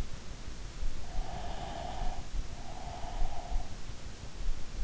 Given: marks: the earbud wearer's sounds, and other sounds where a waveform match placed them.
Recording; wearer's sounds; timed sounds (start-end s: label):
sounds in sleep by an in-ear microphone; breath
1.14-3.79 s: breath